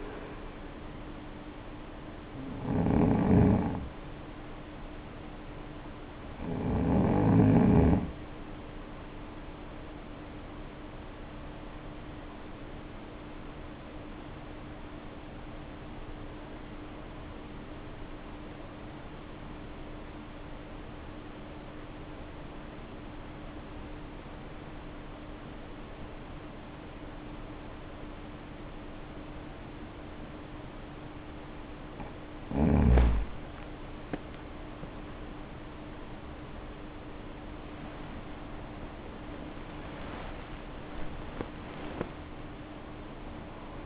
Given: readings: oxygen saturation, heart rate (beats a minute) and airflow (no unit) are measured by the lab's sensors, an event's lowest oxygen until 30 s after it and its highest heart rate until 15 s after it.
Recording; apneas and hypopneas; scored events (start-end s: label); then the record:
breathing in sleep by a voice recorder at the bedside; 1
14.00-32.90 s: obstructive apnea (REM, oxygen 95% highest, then 83% lowest, heart rate 54 at the start, 77 highest)
From the record:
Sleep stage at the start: REM sleep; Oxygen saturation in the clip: 86 to 95%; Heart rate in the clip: 52 to 76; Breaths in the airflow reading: 10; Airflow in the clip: -0.6 to 0.7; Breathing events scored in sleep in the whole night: 520 in 7.2 hours asleep